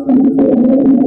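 Rhonchi heard over adult lungs by stethoscope: congested, continuous, lower-pitched breath sounds with a rattling quality, indicating fluid or mucus in the larger airways, for example from infection or inflammation; most prominent on expiration, often with a productive cough.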